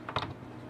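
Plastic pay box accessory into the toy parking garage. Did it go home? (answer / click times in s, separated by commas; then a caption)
yes / 0.1 s, 0.2 s. A small plastic parking pay box accessory is pushed onto a Matchbox Action Drivers Park & Play Garage Playset (2021) toy parking garage. Two short, sharp plastic clicks are heard at 0.1 s and 0.2 s, followed by quiet. The pay box snaps into place and is seated.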